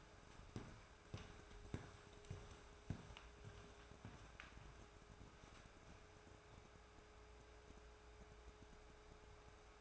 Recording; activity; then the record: daily activity, microphone in the room; walk to room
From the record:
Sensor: 2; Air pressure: 1010.2 hPa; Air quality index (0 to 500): 160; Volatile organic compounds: 7 ppm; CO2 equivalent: 2010 ppm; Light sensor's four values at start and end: 35/84/38/43 and 36/88/39/45